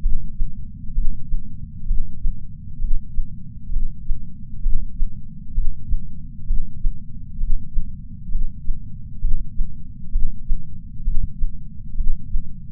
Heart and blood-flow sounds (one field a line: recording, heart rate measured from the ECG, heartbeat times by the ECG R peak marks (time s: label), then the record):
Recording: heart sounds by patch sensor on the chest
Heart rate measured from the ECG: 65 bpm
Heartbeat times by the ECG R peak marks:
0.03 s: heartbeat
0.96 s: heartbeat
1.88 s: heartbeat
2.82 s: heartbeat
3.74 s: heartbeat
4.64 s: heartbeat
5.56 s: heartbeat
6.48 s: heartbeat
7.41 s: heartbeat
8.33 s: heartbeat
9.22 s: heartbeat
10.13 s: heartbeat
11.06 s: heartbeat
11.98 s: heartbeat
From the record:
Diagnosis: coronary artery disease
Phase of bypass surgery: preoperative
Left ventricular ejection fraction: 62.1%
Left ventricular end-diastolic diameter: 45 mm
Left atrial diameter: 40 mm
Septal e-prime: 8 cm/s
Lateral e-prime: 10 cm/s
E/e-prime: 5.6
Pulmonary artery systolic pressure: 22 mmHg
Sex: male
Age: 60 years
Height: 170 cm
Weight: 67 kg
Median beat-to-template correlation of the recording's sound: 0.93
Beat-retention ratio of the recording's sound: 1.00